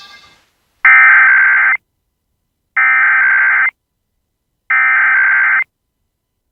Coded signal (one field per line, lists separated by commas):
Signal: Emergency Alert System (SAME) tones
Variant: header bursts